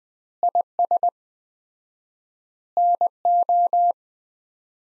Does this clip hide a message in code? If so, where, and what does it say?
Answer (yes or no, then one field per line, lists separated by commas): yes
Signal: Morse code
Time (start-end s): 0.4-3.9 s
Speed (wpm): 20 wpm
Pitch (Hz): 700 Hz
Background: none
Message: IS NO